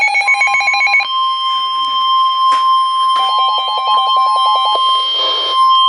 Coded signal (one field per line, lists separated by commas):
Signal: Emergency Alert System (SAME) tones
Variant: 1050 Hz attention tone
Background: speech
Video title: NOAA - Severe T-storm Warning (EAS #1,374)